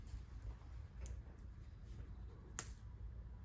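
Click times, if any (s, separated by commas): 2.6 s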